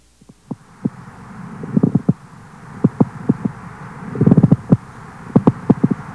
When the surface is thickened by fibrin deposits or coarsened by inflammatory neoplastic cells, the sliding motion is impeded by frictional resistance. The sound produced, the pleural friction rub, resembles the sound of leather sliding on leather.